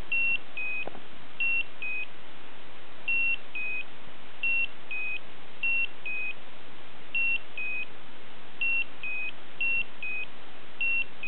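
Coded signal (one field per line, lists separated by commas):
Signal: beep code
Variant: Slendertone abs toning belt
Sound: repeating high-low two-note electronic beeps, about nine pairs, each pair about a second apart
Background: faint room hiss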